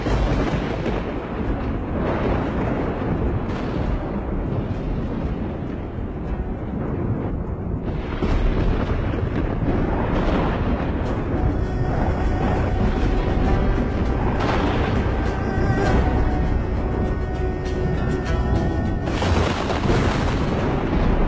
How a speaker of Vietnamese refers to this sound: Ở trên tầng không liên tục là những tia sét. Mà có một điều lạ, mặc dù là mất hết pháp lực, nhưng Lãm có thể cảm nhận được sấm sét này dường như là đang truy đuổi đúng theo hướng của Cục Bông vừa chạy.